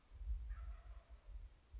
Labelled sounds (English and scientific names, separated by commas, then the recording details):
Wild Turkey (Meleagris gallopavo)
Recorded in Sonoma County, California